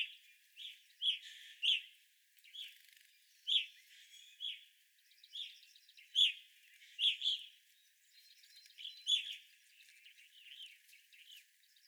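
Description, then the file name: Evening grosbeak calls, loud clear chirps in groups, with a soft buzzy trill in the background. Evening grosbeaks recorded on 25 April 2021. "2021-04-25 Evening Grosbeaks"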